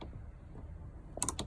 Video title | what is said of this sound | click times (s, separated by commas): 2016 Elddis Affinity 550 Handover | when you hear the click you know it's release the ball bearing it stays in that position | 1.2 s